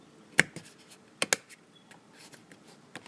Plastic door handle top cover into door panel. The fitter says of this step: you'll just hear it uh pop into place